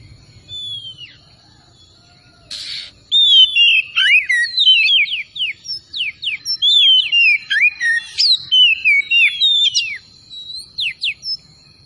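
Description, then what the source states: Oriental magpie-robin song starting after a quiet pause and a short noise burst, then rapid descending whistles and chirps repeated for about eight seconds. Kacer from Tretes, singing vigorously in gacor style.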